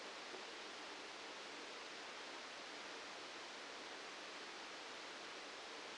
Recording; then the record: brain microelectrode recording played as sound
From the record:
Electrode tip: outside the subthalamic nucleus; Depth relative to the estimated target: -8 mm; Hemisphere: left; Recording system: NeuroSet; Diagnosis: Parkinson's disease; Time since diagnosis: 9 years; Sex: male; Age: 56 years